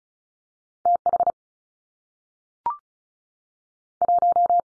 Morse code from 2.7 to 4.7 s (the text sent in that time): 1